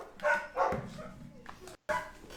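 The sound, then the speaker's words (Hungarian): Dogs barking in a few short, sharp bursts, two close together and then another after a brief pause, fairly loud and high-pitched with a whiny edge. “Egy pillanat, csak kidobom a kutyákat.”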